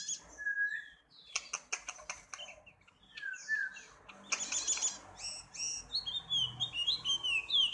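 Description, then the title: Yellow-spectacled white-eye song, a jumble of sharp high chips and quick tinkling twitters, broken by short pauses and a few lower whistled notes. "Pleci wallacea"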